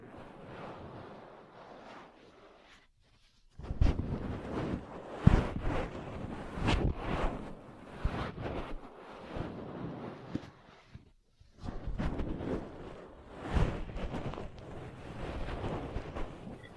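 Ear cleaning and massage sounds: rough, rubbing bursts of rustle with soft thuds and sharp taps scattered through. A quiet stretch opens the clip, then busy handling runs from about 3.5 to 10 seconds, pauses briefly, and resumes from 11.5 seconds onward.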